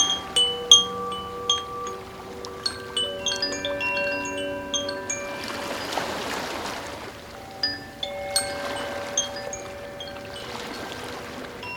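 Sound-healing bowls and chimes ring throughout, with frequent bright metallic strikes whose clear tones hang and fade slowly, layering into a shimmering wash. A soft rushing swell, like wind, rises around six seconds and again near ten seconds.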